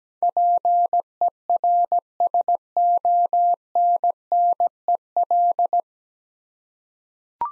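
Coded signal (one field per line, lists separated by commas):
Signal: Morse code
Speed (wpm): 17 wpm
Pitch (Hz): 700 Hz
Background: none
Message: PERSONNEL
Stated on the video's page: Morse head-copy drill of nine-letter words at 17 wpm, each sent, spoken, then sent again.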